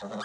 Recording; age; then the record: pig call; piglet (1 to 25 days)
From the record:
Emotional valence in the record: negative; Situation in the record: long isolation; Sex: male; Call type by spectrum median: low-frequency call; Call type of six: low-frequency tonal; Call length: 0.26 s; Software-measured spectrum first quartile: 398 Hz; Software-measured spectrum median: 787 Hz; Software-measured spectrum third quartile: 1795 Hz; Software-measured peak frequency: 542 Hz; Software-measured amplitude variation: 88 dB a second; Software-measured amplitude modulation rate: 17.6 a second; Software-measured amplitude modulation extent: 5.0 dB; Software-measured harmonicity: 2.4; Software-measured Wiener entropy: -1.25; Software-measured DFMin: 864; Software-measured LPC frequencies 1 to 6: 564, 1263, 3668, 4779, 5754, 6606 Hz